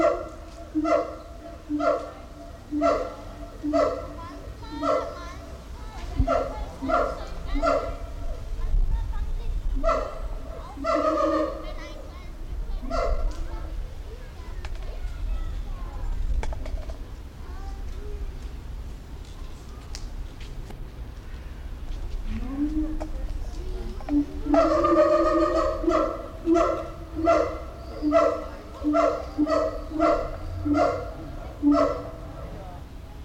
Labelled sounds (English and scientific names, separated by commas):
Siamang (Symphalangus syndactylus)